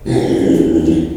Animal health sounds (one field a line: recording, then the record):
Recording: squeal of a Yucatan mini pig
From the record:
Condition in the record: after surgery on the right vocal fold (resection and tissue-engineered implant)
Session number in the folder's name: 2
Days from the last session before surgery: 13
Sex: male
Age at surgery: 12 weeks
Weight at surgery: 13 kg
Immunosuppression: cyclosporine, prednisolone